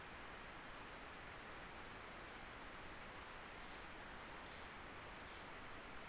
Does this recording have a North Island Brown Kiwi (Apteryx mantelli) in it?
no